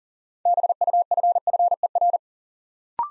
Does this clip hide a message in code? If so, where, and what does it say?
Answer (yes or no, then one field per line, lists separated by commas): yes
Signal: Morse code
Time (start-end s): 0.5-2.2 s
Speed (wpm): 38 wpm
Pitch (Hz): 700 Hz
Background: none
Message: BUFFER